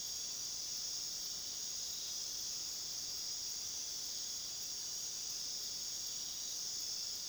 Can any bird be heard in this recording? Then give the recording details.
no. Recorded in pastures near Puerto Asís, Putumayo, Colombia, on 19 February 2024 at 22:30. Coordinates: 0.497, -76.327. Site G7276